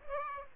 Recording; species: mosquito wingbeat signal from an infrared sensor; Aedes aegypti